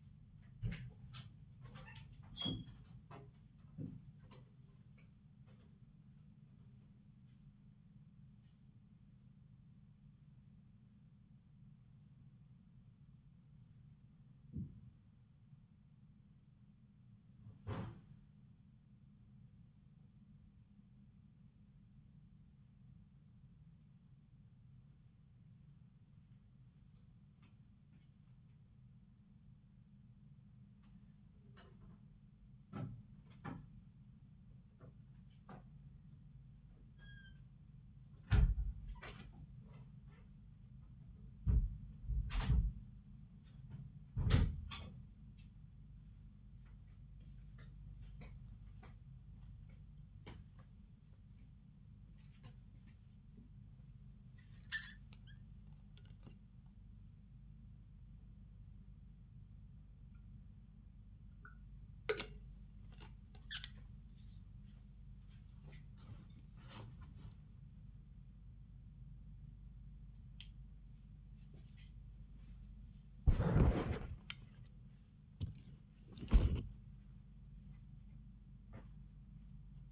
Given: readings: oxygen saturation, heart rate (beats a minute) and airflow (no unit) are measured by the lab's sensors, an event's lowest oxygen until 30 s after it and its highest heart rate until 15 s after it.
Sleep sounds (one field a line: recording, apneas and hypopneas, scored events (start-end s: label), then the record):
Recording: a person awake in a sleep study, by a smartphone at the bedside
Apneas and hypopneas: none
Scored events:
0.00-79.92 s: awake
From the record:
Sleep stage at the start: awake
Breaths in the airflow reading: 32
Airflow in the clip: -0.7 to 0.9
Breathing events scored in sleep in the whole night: 270 in 6.1 hours asleep